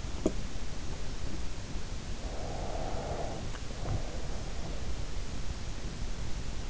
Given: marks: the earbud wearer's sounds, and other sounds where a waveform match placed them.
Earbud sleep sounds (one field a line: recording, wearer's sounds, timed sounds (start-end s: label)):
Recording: sounds in sleep by an in-ear microphone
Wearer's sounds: teeth grinding, breath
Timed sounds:
0.05-0.48 s: teeth grinding
2.17-5.02 s: breath